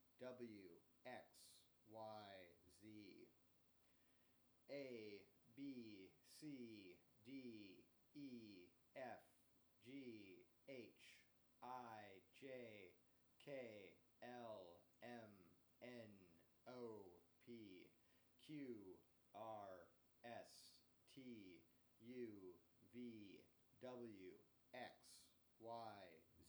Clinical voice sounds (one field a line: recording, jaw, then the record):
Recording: letters of the alphabet, spoken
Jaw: free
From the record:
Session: first day, before the bite bar